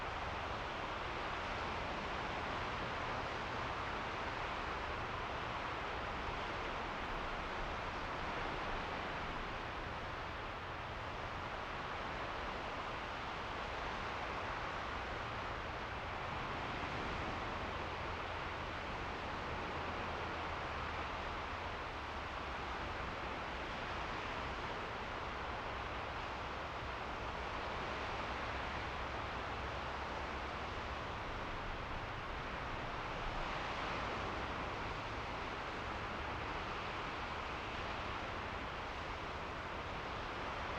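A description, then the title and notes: Wind and waves on the ocean dunes make a steady, dense roar that barely changes in loudness across the whole stretch. The rush is full and fairly bright, with a low rumble underneath. Faint gusty swells rise and fall without clear separate events. Windy Ocean Dunes (Coastal Wind & Waves). The ocean breeze.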